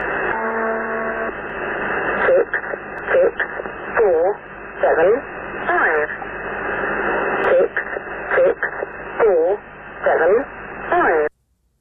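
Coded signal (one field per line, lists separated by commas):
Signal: numbers station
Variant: Lincolnshire Poacher, English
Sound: short, evenly spaced spoken words, about one a second, through hissy shortwave static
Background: radio static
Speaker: after the introductory music the Lincolnshire poacher repeats some coded five-digit series which nobody has ever managed to decode presumably excluding the intended recipients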